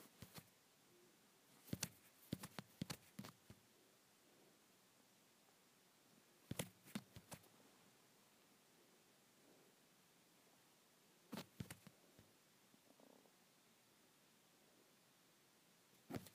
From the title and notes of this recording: ASMR Rubbing my Phone.